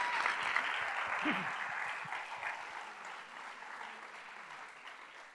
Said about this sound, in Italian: È bello averti e grazie per lo sforzo che fai nell'essere con noi. Possiamo fare un applauso così nel frattempo?